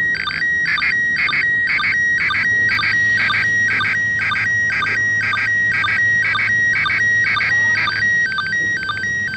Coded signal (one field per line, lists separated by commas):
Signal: SSTV (slow-scan television)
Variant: PD 120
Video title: ARISS SSTV Lunar Exploration Dec. 31, 2021 10:35pm pst grid-PK04